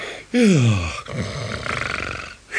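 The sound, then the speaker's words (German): A man snores loudly: one deep, throaty snort that slides downward in pitch, followed by a rough, rattling exhale that carries on for a couple of seconds before fading. “Also wenn du schnarchst, dann lass ich erst recht alles liegen und stehen und gehe eben in der Grießsuppenhose spazieren, jawohl.”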